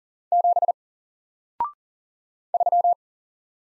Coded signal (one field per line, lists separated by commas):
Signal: Morse code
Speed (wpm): 40 wpm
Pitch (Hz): 700 Hz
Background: none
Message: 7 3